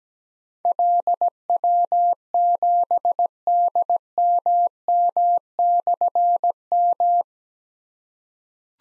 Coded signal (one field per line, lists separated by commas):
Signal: Morse code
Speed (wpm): 17 wpm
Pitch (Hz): 700 Hz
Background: none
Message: LW7DMM/M